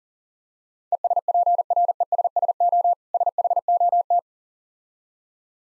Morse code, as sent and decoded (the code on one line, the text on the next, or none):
. ... .--. .-. . ... ... --- / ... .... --- -
ESPRESSO SHOT